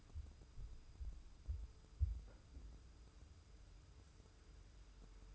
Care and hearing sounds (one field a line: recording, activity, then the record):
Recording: daily activity, microphone in the room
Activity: wipe stove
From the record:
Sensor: 2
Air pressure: 990.4 hPa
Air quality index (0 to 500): 199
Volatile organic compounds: 1000 ppm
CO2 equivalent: 6374 ppm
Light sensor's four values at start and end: 33/77/32/32 and 33/77/31/32